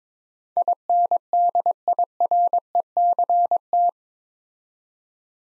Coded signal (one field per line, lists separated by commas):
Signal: Morse code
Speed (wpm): 22 wpm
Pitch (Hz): 700 Hz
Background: none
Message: INDIRECT